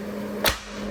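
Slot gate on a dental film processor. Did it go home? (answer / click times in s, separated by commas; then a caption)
yes / 0.5 s. The slot gate on a dental film processor snaps closed by itself at 0.5 s, a short sharp snap heard over a steady low hum. The snap means the dental film has fed all the way down into the processor and the gate has seated.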